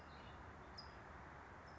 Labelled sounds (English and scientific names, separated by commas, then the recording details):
California Towhee (Melozone crissalis)
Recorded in Sonoma County, California